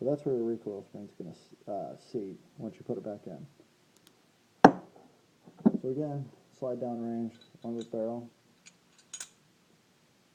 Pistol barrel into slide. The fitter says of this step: snaps right in